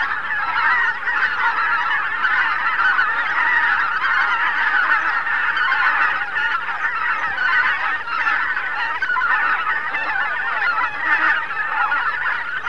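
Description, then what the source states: Greater white-fronted goose flock: a dense, continuous din of many overlapping yelping honks with no pause. Flocks of thousands flying noisily over a river island.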